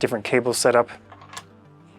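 Someone talks briefly while handling a quick-release plate near the quick-release clamp on a SmallRig camera cage video rig, followed by faint handling noises and a short tap. Nothing has seated or clicked yet; the plate is not yet home in the clamp when the clip ends.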